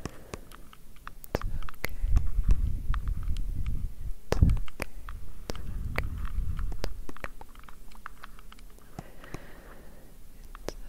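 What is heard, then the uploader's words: Gentle tapping comes as sharp, scattered clicks throughout, sometimes in quick clusters and sometimes spaced apart. Soft low breathing or blowing swells up around two, four and six seconds, then fades, leaving sparser taps and a faint hiss toward the end. Gentle Tapping - Breathing, Blowing.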